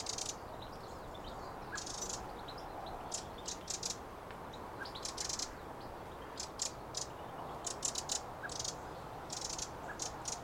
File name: Troglodytes troglodytes